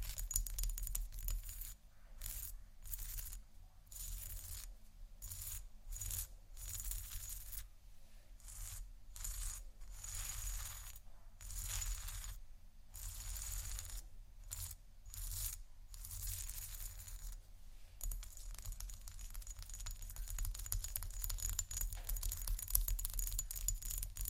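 Quiet scratching and tapping, with crisp bursts of bright, gritty scratches broken by short pauses through the first two-thirds. After about eighteen seconds the scratching turns continuous and denser, with small clicky taps. A faint low hum sits underneath throughout.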